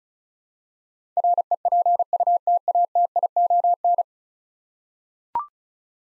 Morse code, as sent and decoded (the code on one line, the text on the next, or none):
.-. . .--. ..- - .- - .. --- -.
REPUTATION